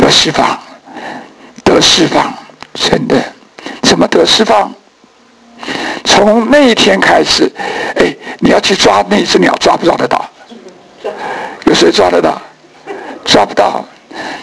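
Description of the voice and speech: Adult male preacher speaking Mandarin in a hoarse, dysphonic voice caused by vocal fold paralysis, vocal fold fibrosis and a vocal fold sulcus (sulcus vocalis). Phrases are short and broken by frequent pauses.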